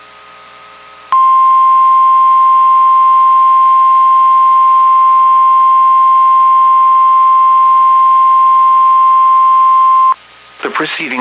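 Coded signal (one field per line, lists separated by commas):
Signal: Emergency Alert System (SAME) tones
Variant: 1050 Hz attention tone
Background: speech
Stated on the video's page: NOAA Weather Radio weekly test tones plus a Local Area Emergency alert.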